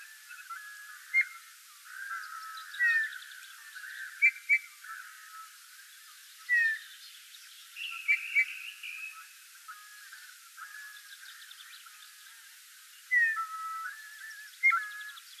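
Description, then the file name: Eurasian Bullfinch giving soft, piping whistled calls, single or paired, spaced unevenly through the recording against a low background hiss. "Pyrrhula pyrrhula"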